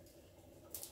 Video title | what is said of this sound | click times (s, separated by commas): Paslode IM350 full strip down | put a spinning purse and you just press until it clicks into place line and | 0.8 s